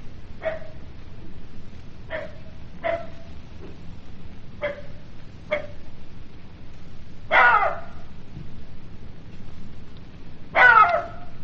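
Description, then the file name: Jackal calls: a series of brief, clipped yelps followed by two louder, rougher barks near the end, with low hum throughout. "zvuki shakala"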